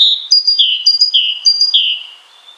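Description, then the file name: Great tit with a high note followed by a lower down-slurred whistle, repeated three times in quick succession. "Parus major"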